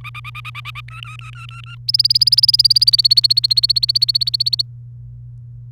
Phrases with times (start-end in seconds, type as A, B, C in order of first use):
0.04-0.81 A, 0.88-1.75 B, 1.88-4.62 C